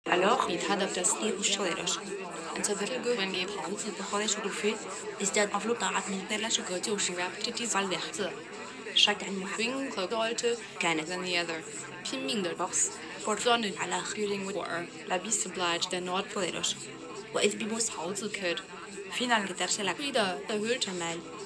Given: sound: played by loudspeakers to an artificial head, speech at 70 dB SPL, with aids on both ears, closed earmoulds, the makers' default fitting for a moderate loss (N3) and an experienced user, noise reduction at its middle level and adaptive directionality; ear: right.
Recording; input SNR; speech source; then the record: speech test signal (ISTS) in cocktail-party noise; 0 dB; in front (0 degrees)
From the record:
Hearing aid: class 2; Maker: E